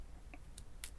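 A screwdriver reaches into the plastic shell of an Athearn SD40 model locomotive to pop out the bottom retainer clip holding the shell to the frame. Two faint ticks at about 0.3 and 0.6 seconds lead to the loudest, sharp click at 0.8 seconds, where the clip pops out and is released.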